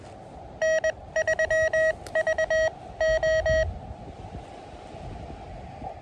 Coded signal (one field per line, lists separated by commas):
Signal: Morse code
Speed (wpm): 21 wpm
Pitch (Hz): 1900 Hz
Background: none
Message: N3VO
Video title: KD2YDN activates W2/GC-056 & W2/GC-003 in K-8070 for 26 pts. SOTA/POTA qrp.